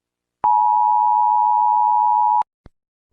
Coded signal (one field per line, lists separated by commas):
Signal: Emergency Alert System (SAME) tones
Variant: 853 and 960 Hz attention tone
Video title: The Sinkhole | EAS Scenario |